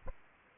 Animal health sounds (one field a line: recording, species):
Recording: mosquito wingbeat signal from an infrared sensor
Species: Culex quinquefasciatus